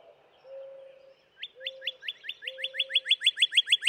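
Northern cardinal song: a quick series of bright slurred whistles growing louder, alongside a few low, steady humming tones.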